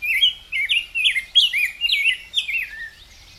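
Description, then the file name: Rose-breasted grosbeak song: a continuous sweet, whistled warble of up-and-down slurred notes, steady and fluid for nearly three seconds. "canto do bico grosso de peito rosa"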